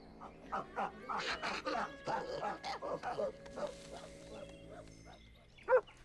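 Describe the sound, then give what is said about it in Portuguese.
A dog named Spike barks in quick, uneven bursts mixed with drawn-out, high yowling cries, ending in one sharp, louder yelp after a brief pause. “Spike, onde você vai, cachorro idiota?”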